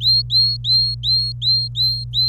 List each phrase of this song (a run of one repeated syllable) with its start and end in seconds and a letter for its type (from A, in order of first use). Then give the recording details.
0.01-2.28 A. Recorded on 26 April 2018 at 12:32. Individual llb3